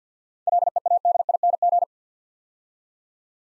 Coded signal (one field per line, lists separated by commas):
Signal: Morse code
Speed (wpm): 52 wpm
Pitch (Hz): 700 Hz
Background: none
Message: LEADING